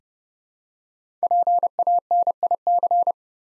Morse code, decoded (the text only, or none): PANIC